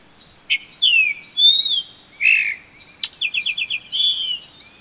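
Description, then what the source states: Epaulet oriole singing a jumble of sweet whistled slides and sharp chirps, broken by a rapid stuttering trill near the end. Recorded 2011-08-31.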